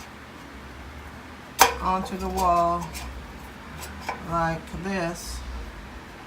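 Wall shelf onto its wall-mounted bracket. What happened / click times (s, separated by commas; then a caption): The shelf was hooked on but not yet locked home / none. An IKEA Sammanhang wall shelf is hooked onto its wall-mounted bracket while someone talks, with a sharp handling knock at about 1.6 s and a softer one near 4.1 s. Nothing has seated or clicked yet; the shelf is handled but not yet locked home on the bracket.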